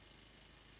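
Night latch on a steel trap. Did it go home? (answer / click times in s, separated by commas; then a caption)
no / none. A night latch on a steel trap is being handled, with only a steady, broadband hiss and no distinct transients across the 0.8-second clip. Nothing has seated or clicked yet; the latch has not gone home.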